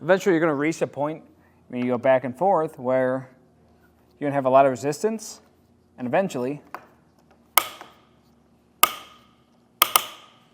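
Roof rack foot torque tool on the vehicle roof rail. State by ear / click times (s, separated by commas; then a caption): torque reached / 7.6 s, 8.8 s, 9.8 s. A Thule WingBar Evo roof rack foot on the roof rail of a 2024 Jeep Grand Wagoneer L is tightened with the included torque tool, worked back and forth as resistance builds while someone talks. The talk stops and the tool gives three loud, sharp clicks at about 7.6, 8.8 and 9.8 seconds. The clicks confirm the foot is tightened all the way down to its torque setting.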